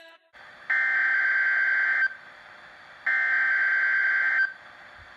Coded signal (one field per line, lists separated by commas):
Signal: Emergency Alert System (SAME) tones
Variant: header bursts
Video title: Odd WWF38 RWT | EAS #148